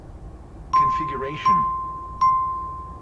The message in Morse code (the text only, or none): none